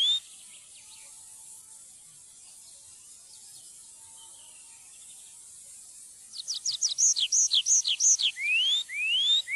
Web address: fuglelyder trepipelerke